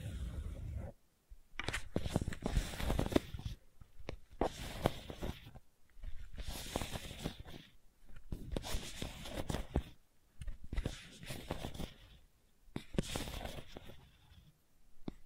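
Gentle scratching comes in repeated strokes, each a dense, crackly rasp lasting one to two seconds. The passes are separated by brief pauses of near silence, arriving roughly every two seconds. The texture stays dry and gritty throughout, with no other sounds.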